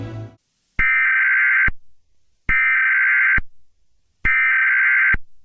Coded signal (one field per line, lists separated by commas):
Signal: Emergency Alert System (SAME) tones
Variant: header bursts